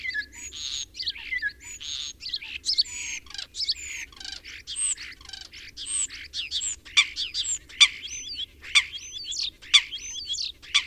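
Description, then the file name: Common starling song, a restless jumble of clicks, buzzy notes and slurred whistles rising and falling, with sharp high whistles standing out near the end. Recorded in spring. "kuldnokk"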